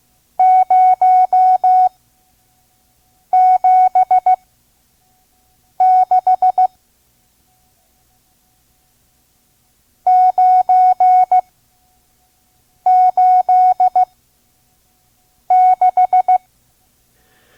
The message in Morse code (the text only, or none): 076 986